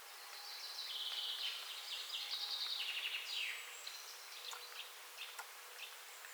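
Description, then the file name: Eurasian blackcap song, a fast varied warble of bright notes with sliding whistled phrases in the first half, then scattered soft notes over steady background hiss. "Sylvia atricapilla"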